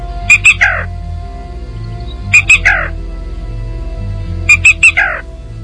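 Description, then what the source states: Black rail song, a phrase of a few sharp high clipped notes then a lower falling one, repeated about every two seconds over a low hum. Typical song; species declined through wetland loss, listed as red alert tipping point species.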